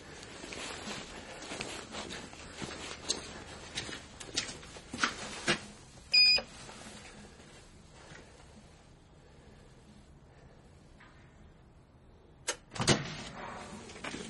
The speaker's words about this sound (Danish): døren åbner.